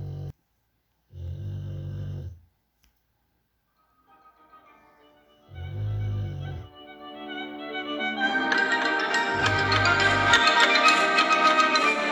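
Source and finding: Pet animal. Snoring.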